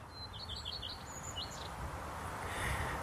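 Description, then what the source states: Common Redstart song: brief high twittering phrases, a rapid series of short notes then a lone upslurred note, over steady low traffic rumble. Small bird related to the black redstart, singing by a house; each verse starts identically but ends differently, sometimes invented, usually borrowed from species like nuthatch or wren; a car passes.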